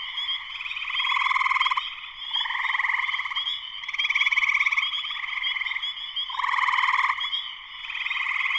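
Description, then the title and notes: Massed spring peeper calls: ringing high peeps without pause, layered with coarse trilling bursts that rise and subside repeatedly. Full chorus shortly after sunset, Sleeping Bear Dunes National Lakeshore, northern Michigan, USA. "Spring peepers (chorus frogs) in concert. Spring peepers (chorus frogs) in full chorus shortly after sunset in the Sleeping Bear Dunes National Lakeshore in northern Michigan, USA. Recorded by Darrin Wassom. Part of the Music for Sleep project"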